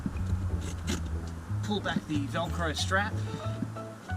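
A child restraint's first ISOFIX connector is being handled toward the car's lower ISOFIX anchor point after its Velcro strap is pulled back, while someone talks over steady background music. The connector has not yet seated or clicked onto the anchor.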